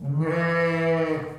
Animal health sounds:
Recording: contact call of a hoofed animal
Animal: sheep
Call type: low-frequency (closed-mouth) or high-frequency (open-mouth) call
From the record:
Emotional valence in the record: negative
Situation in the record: short social isolation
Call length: 1.39 s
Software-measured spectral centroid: 1470 Hz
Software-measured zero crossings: 1330 a second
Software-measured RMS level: -24 dBFS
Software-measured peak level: -12 dBFS

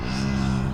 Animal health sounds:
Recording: contact call of a hoofed animal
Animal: cattle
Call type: low-frequency (closed-mouth) or high-frequency (open-mouth) call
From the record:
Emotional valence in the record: negative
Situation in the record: physical separation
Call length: 0.73 s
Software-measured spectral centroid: 2190 Hz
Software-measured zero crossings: 1600 a second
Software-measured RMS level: -24 dBFS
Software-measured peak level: -13 dBFS

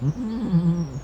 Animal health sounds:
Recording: contact call of a hoofed animal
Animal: goat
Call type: low-frequency (closed-mouth) or high-frequency (open-mouth) call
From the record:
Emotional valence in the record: negative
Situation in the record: short social isolation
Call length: 1.04 s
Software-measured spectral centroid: 1120 Hz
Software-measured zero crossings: 620 a second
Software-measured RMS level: -23 dBFS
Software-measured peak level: -11 dBFS

